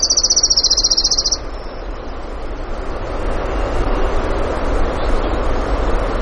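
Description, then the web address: Orange-crowned warbler trill, a quick run of high even notes for over a second, fading to a faint tail, then only steady rushing noise. Recorded in Denali, Alaska, on 16 June 2016 in the early morning, at 05:32. "alaska acoustic highlights BIRDS 20160616 053228 Orange-Crowned"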